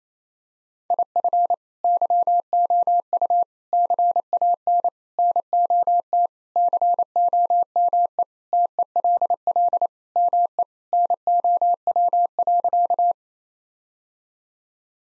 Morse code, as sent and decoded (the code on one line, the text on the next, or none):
.. ..-. / -.-- --- ..- / -.-. .- -. / -. --- - / -.-. --- -- . / - . .-.. .-.. / -- . / -. --- .-- .-.-.-
IF YOU CAN NOT COME TELL ME NOW.